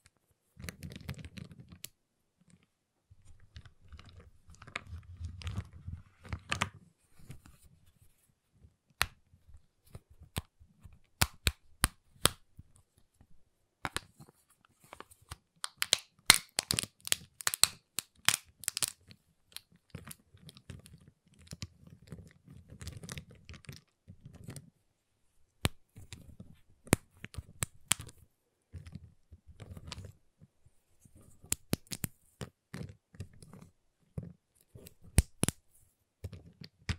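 A giant chocolate bar is tapped, cut and snapped in sharp, irregular clicks and cracks, with low rumbling handling between bursts.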